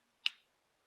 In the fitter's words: hear it snap in there